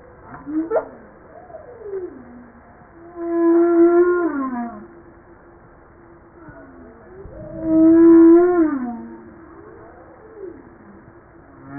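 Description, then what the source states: Humpback whale song: long moaning tones near a steady hum, with rich rising-then-falling harmonic wails repeating about every four seconds, plus softer upsweeps between. Recorded 5 March 1994.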